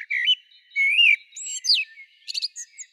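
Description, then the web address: Common blackbird producing a quick series of clear whistled and squeaky notes, rising and twisting, ending in a few high thin chirps. "Turdus merula"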